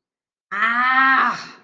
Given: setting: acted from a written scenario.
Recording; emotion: vocal sound without words; anger